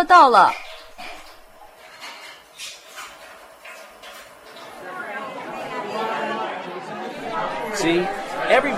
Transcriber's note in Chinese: party SFX